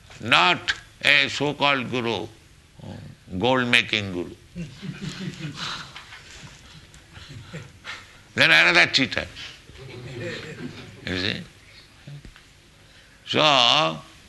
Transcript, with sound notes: not a so-called guru, gold-making guru. [laughter] Then another cheater. You see? So